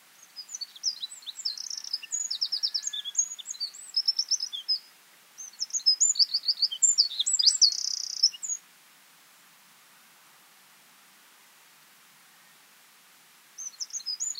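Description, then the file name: Eurasian wren song: two loud bursts of rapid high trills and twitters, a long silence, then another phrase beginning at the end. "Troglodytes troglodytes"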